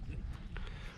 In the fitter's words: you just push that pin through the hole until it locks in place there